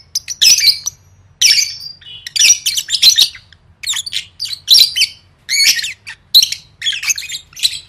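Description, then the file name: Lovebird chirping calls: harsh, high-pitched squeaky bursts in quick irregular runs, separated by short pauses. "tieng vet mau don"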